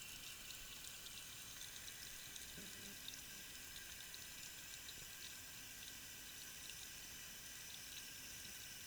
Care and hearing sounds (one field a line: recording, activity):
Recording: daily activity, guitar pickup as the sensor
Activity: wash hands